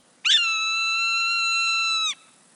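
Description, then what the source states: Swainson's Hawk call: one long, steady, shrill whistled scream held for nearly two seconds, then dropping slightly at the end. The background is quiet. Late summer in Canada, just before fall migration to the pampas of Argentina.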